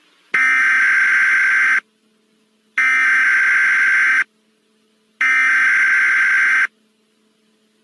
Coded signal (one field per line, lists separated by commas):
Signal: Emergency Alert System (SAME) tones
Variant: header bursts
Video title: EAS Scenario Spirit Halloween Animatronics